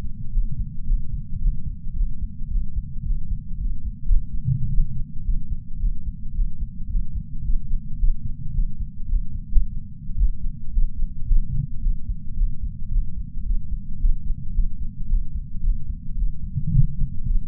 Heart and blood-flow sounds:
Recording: heart sounds by patch sensor on the chest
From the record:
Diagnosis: coronary artery disease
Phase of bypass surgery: postoperative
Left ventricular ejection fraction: 58.9%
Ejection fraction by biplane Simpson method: 44.4%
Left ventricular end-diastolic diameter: 54 mm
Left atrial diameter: 37 mm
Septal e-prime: 4.3 cm/s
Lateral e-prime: 5.9 cm/s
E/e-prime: 16.9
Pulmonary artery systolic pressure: 25 mmHg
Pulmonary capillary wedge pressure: 7 mmHg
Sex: male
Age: 66 years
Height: 165 cm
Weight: 65 kg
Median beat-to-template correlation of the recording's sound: 0.77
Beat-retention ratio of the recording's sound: 0.99

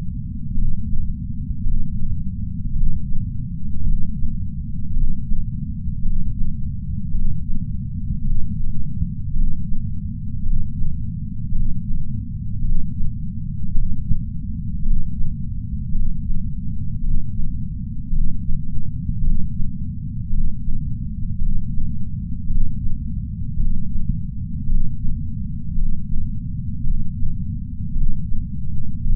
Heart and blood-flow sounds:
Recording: heart sounds by patch sensor on the chest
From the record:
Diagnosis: coronary artery disease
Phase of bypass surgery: intraoperative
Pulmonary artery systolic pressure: 24 mmHg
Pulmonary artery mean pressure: 20 mmHg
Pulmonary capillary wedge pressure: 12 mmHg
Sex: male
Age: 60 years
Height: 170 cm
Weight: 103 kg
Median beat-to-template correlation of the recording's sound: 0.88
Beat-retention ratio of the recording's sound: 0.98

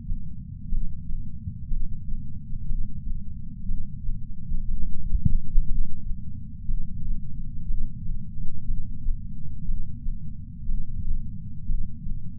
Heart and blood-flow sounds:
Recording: heart sounds by patch sensor on the chest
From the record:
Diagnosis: coronary artery disease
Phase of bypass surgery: preoperative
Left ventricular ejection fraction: 61.7%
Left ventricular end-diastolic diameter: 51 mm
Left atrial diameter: 34 mm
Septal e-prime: 7.2 cm/s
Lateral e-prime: 9.6 cm/s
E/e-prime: 6.5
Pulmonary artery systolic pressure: 19 mmHg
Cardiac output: 4.98 L/min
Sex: male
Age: 62 years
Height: 172 cm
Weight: 60 kg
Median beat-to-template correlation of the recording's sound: 0.89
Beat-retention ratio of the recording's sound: 1.00

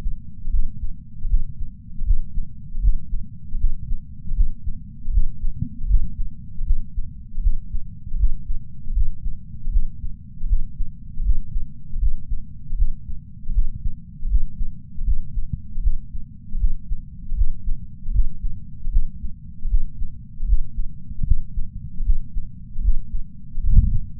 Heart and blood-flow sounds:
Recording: heart sounds by patch sensor on the chest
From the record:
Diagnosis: coronary artery disease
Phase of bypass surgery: postoperative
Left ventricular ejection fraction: 50.8%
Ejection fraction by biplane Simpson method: 51.6%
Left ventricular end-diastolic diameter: 50 mm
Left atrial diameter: 30 mm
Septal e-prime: 7.4 cm/s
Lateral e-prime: 7.6 cm/s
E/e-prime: 9.9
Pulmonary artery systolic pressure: 27 mmHg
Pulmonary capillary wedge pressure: 7 mmHg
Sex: male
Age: 66 years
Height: 176 cm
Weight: 74.5 kg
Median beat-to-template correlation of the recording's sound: 0.90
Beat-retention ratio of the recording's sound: 0.99

